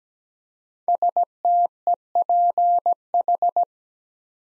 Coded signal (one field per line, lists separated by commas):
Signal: Morse code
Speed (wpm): 17 wpm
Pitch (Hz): 700 Hz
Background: none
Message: STEPH